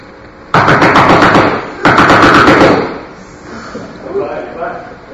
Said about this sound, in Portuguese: Ele bateu na porta.